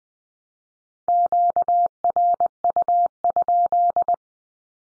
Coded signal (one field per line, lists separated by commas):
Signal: Morse code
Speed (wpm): 20 wpm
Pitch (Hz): 700 Hz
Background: none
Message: QRU?